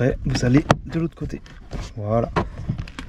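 A plastic window switch panel on a Citroën C3 phase 3 is being handled at the car door trim, with the other side about to be pressed in, while someone talks throughout. A couple of brief faint ticks come near the end, but nothing has seated or clicked yet.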